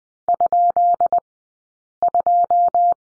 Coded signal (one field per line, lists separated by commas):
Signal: Morse code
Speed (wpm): 20 wpm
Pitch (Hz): 690 Hz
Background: none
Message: ?2